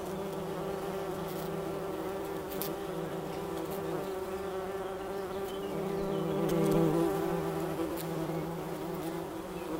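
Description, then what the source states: Bumblebee humming steadily, a deep buzzy drone with harmonics, growing louder in the later part, with a few sharp clicks. Recorded in Wülfel, Hannover, Germany.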